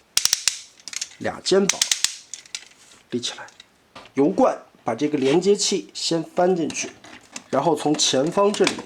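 A plastic plug clip on the front of a toy-brick transforming dragon toy is slid along its guide and pushed tight into its front socket, giving a sharp ratchet-like click at 0.2 s. A few more sharp clicks and light plastic handling sounds follow while someone talks. The clip is seated.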